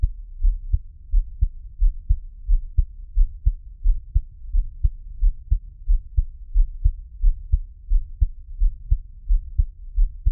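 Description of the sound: Steady, regular low thumping of an adult's own heartbeat at about 88 beats a minute, with a soft hum underneath and no talking.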